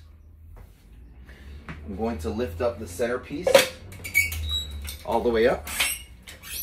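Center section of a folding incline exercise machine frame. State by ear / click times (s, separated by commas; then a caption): seated / 6.3 s. Someone talks while lifting the center section of a Total Gym XLS folding home-gym incline frame all the way up, with a few light knocks along the way. A single sharp hit at 6.3 s marks the section locking upright in place.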